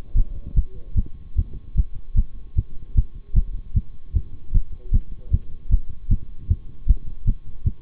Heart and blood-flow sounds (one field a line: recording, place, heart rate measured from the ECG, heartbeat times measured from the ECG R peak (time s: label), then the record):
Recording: heart sounds by stethoscope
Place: between the tricuspid and mitral areas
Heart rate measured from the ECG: 152 bpm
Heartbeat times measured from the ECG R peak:
0.15 s: heartbeat
0.55 s: heartbeat
0.95 s: heartbeat
1.36 s: heartbeat
1.75 s: heartbeat
2.15 s: heartbeat
2.55 s: heartbeat
2.95 s: heartbeat
3.34 s: heartbeat
3.74 s: heartbeat
4.14 s: heartbeat
4.53 s: heartbeat
4.92 s: heartbeat
5.31 s: heartbeat
5.70 s: heartbeat
6.09 s: heartbeat
6.48 s: heartbeat
6.87 s: heartbeat
7.26 s: heartbeat
7.64 s: heartbeat
From the record:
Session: bicycle stress test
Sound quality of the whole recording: good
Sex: male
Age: 26 years